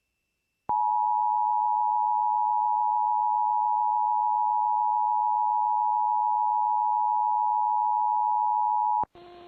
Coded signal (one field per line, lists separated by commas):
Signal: Emergency Alert System (SAME) tones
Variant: 853 and 960 Hz attention tone